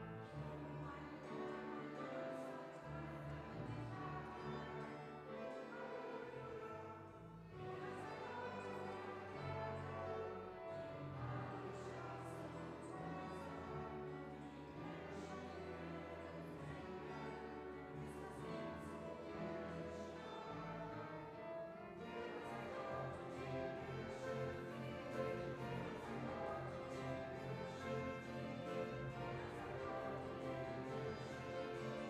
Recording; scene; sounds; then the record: everyday scene through a hearing-aid microphone; reverberant space; music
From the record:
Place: church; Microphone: behind the ear, right, front